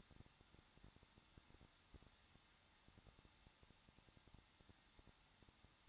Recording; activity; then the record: daily activity, microphone in the room; no activity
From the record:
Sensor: 3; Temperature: 21.2 degrees Celsius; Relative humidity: 36.3%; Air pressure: 1006.3 hPa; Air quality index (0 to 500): 222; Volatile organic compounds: 42 ppm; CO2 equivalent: 3177 ppm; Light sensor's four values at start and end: 2/3/2/2 and 2/3/2/2